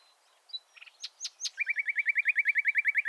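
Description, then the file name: Common nightingale song: thin whistles and sharp clicks leading into a fast, steady trill of repeated rising notes. "Luscinia megarhynchos"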